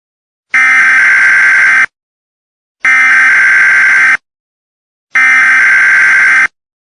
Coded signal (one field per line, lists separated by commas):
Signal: Emergency Alert System (SAME) tones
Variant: header bursts